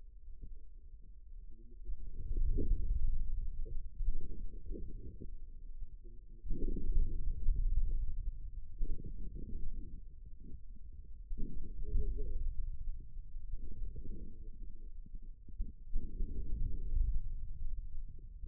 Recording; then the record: forearm muscle sounds (acoustic myography)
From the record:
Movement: inward rotation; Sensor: system 2, bracelet of six BSWA MPA416 microphones around the upper forearm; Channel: 3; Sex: male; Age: 22 years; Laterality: right